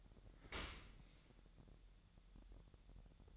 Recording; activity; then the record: daily activity, microphone in the room; open dishwasher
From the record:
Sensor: 3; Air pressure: 1000.6 hPa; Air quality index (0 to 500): 248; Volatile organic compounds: 171 ppm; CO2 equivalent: 4109 ppm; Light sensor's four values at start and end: 11/26/10/10 and 11/26/10/10